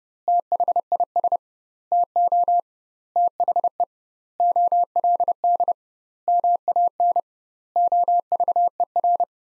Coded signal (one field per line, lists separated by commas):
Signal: Morse code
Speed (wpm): 30 wpm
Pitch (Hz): 700 Hz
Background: none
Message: THIS TO THE OLD MAN OVER